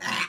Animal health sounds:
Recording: pig call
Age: piglet (1 to 25 days)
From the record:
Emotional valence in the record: negative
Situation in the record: restrain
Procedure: sham castration, fixation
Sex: male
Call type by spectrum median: low-frequency call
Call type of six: low-frequency tonal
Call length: 0.29 s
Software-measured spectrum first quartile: 1306 Hz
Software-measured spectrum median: 2123 Hz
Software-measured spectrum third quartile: 3098 Hz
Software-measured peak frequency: 1031 Hz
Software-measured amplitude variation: 148 dB a second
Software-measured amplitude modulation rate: 15.5 a second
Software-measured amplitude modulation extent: 9.6 dB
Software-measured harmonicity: 0.1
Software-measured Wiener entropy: -1.08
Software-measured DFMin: 721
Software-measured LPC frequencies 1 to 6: 1030, 1885, 2602, 4146, 5065, 5738 Hz

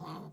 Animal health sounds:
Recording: pig call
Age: piglet (1 to 25 days)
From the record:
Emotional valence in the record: negative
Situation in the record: short isolation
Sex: female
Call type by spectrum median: low-frequency call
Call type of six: low-frequency stable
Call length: 0.33 s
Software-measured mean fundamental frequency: 67 Hz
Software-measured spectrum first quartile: 220 Hz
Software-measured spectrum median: 536 Hz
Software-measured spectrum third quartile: 1156 Hz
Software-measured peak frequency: 175 Hz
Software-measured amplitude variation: 94 dB a second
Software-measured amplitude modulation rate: 21.5 a second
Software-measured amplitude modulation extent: 4.4 dB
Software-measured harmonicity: 2.9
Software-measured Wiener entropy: -0.69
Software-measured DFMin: 749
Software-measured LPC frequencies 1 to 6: 1079, 2208, 3386, 4428, 6391, 7412 Hz

